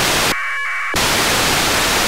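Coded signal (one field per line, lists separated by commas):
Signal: packet radio (AX.25, as in APRS)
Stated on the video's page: ISS APRS packets, AFSK 1200, received in Granada, Spain on Nooelec RTL-SDR with homemade turnstile antenna.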